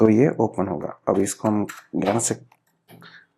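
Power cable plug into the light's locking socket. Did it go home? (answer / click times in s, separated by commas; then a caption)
no / none. A power cable plug is handled at the locking pin socket of an Aputure Amaran 100x S light while someone talks, with faint handling noise near the end. Nothing has seated or clicked yet.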